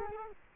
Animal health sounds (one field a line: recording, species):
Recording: mosquito wingbeat signal from an infrared sensor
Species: Culex quinquefasciatus